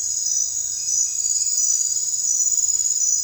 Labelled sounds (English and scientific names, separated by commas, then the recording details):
none
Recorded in dense forest near Puerto Asís, Putumayo, Colombia, on 16 December 2024 at 23:30
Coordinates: 0.468, -76.322
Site G071